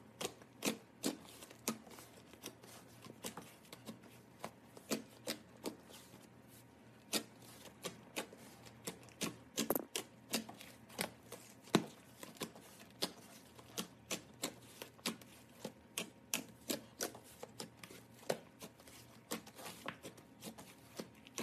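Soap carving: a steady run of short, sharp scraping and clicking cuts, often several per second, with occasional louder snaps around 10 and 12 seconds. A low, constant hum and a faint steady tone sit beneath the tapping throughout.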